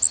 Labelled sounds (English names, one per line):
Connecticut Warbler flight call